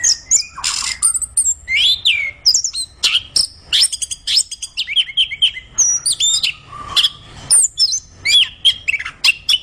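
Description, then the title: Orange-headed thrush singing a dense, varied medley of slurred whistles, buzzy chips and squeaky notes in quick succession, phrases separated by only brief gaps. Singing vigorously and constantly. "Anis Kembang Gacor"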